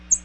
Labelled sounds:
American Redstart flight call

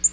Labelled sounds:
Black-throated Green Warbler flight call

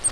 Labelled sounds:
Grace's Warbler flight call

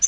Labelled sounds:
Yellow-rumped Warbler flight call

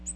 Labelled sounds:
Ovenbird flight call

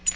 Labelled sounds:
Tennessee Warbler flight call

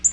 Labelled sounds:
Black-throated Green Warbler flight call

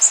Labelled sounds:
Blackburnian Warbler flight call

